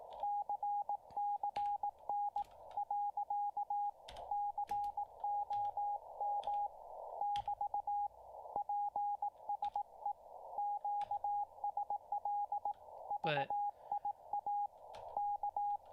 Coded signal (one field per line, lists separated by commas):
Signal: Morse code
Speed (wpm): 18 wpm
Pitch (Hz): 820 Hz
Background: radio noise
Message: CCN.COM <BT> PSE QSL VIA K